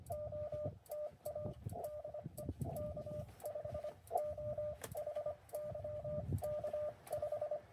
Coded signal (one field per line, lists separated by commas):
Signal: Morse code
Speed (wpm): 25 wpm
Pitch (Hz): 600 Hz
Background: radio noise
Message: O TA DE K5OHY K5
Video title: POTA & CWT at Lake Colorado City: Overnight Adventure